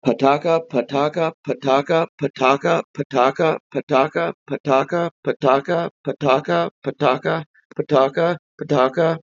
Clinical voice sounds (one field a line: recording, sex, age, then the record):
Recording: repeated syllables /pa ta ka/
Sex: male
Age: 30 to 39 years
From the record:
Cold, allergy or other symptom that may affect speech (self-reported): no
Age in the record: 30 years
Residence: New York, United States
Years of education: 12